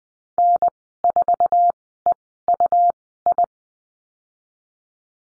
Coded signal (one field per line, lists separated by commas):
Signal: Morse code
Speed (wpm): 20 wpm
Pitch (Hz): 700 Hz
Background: none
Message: N4EUI